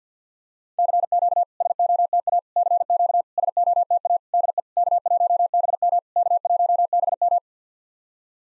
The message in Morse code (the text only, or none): CQ SOTA CQ SOTA DE K1BM K1BM